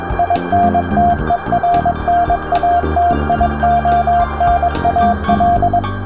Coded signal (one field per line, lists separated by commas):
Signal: Morse code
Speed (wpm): 22 wpm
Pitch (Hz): 700 Hz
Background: music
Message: INTERNATIONAL